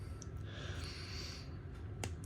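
A soft plastic cape is pressed back onto the neck and back peg of a 3.75 inch Hasbro The Mandalorian action figure, with faint handling rustle and a small tick at about 0.2 s. A sharp click at 2.0 s marks the cape seating onto its peg, followed by a lighter tick at 2.2 s.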